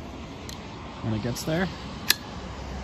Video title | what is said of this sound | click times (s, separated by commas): REXBETI Folding Saw, Heavy Duty 11 Inch Extra Long Blade Hand Saw for Wood Camping Review | there's the click there's one level and there's two second one | 2.1 s